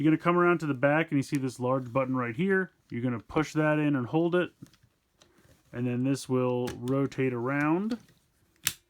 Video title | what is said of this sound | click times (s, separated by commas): Kamen Rider Saber DX King Excalibur & King Of Arthur Wonder Ride Book Review | and click into place like that | 8.7 s